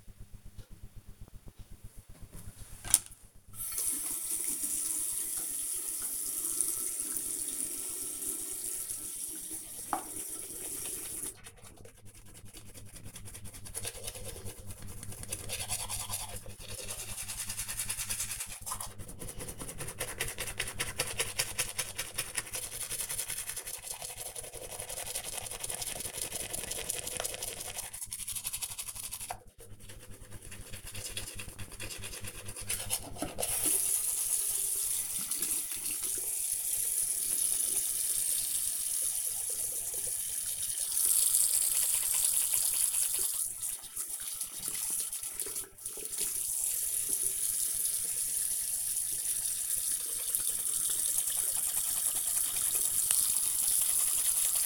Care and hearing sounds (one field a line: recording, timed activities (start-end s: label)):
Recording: household activities, microphone on the right wrist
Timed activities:
1.26-54.66 s: brushing teeth